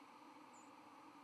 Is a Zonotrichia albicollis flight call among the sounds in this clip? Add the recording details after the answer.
yes. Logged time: 08:38 on 31 October 2014